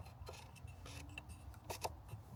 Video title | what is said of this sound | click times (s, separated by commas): 2008 Ford Explorer engine oil and filter change - 4.0 V6 | clicks right into place. | 1.8 s